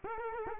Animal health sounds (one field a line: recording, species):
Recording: mosquito wingbeat signal from an infrared sensor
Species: Culex quinquefasciatus